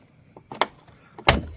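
A plug-in connector bracket for winch wiring is pushed into an opening cut in a truck bumper and snaps into place. Two sharp snaps are heard at 0.6 s and 1.3 s, each preceded by quieter contact taps. The bracket ends up seated in the bumper.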